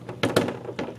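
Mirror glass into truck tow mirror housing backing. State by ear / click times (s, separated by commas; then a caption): seated / 0.2 s. Replacement glass for a 2015–2019 GM Silverado or Sierra new-style OEM tow mirror is lined up on its stabilization pins, pulled down and angled so it slides the rest of the way onto the slotted mirror housing backing, which is not a press-fit design. A sharp snap at 0.2 seconds marks the glass seating, followed by a second loud knock at about 0.4 seconds and softer plastic taps near 0.8 and 1.0 seconds. The glass is snapped into place on the backing.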